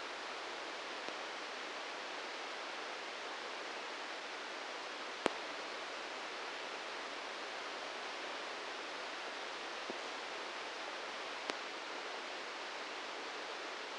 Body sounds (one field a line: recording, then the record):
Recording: brain microelectrode recording played as sound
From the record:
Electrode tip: inside the subthalamic nucleus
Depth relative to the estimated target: 0 mm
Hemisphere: right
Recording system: NeuroSet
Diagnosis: Parkinson's disease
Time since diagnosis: 8 years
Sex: male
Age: 58 years